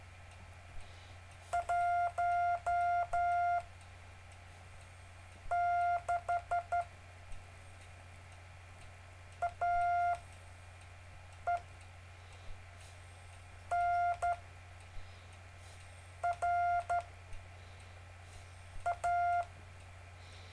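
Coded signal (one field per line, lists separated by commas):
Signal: Morse code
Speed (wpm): 12 wpm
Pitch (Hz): 700 Hz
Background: none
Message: 1 6 A E N R A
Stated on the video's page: Live-streamed continuous circular Morse code practice.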